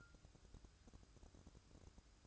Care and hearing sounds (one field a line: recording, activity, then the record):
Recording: daily activity, microphone in the room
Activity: take from stove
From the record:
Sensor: 2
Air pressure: 1007.9 hPa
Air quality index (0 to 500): 104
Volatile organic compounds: 1 ppm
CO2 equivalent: 785 ppm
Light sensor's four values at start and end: 7/15/6/6 and 7/15/6/6